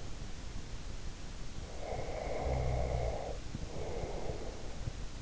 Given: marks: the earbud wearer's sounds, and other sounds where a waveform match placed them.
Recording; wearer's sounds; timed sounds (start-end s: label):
sounds in sleep by an in-ear microphone; snoring breath
1.77-4.83 s: snoring breath